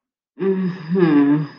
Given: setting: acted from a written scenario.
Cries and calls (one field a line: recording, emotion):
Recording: vocal sound without words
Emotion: sadness